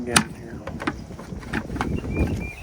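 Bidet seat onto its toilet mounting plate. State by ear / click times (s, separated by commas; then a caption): seated / 1.8 s. A bidet seat assembly is test-fitted back onto its mounting plate on an RV toilet and pushed down while someone talks, with a few light knocks and rattles along the way. It latches with a sharp click at 1.8 s, seated in place.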